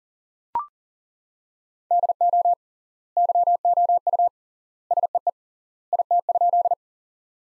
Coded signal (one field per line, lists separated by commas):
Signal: Morse code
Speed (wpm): 40 wpm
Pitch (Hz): 700 Hz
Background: none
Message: DO YOU SEE IT?